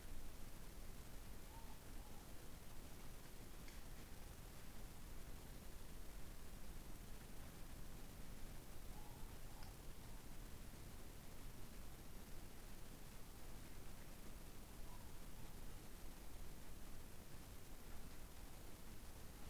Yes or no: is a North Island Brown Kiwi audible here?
no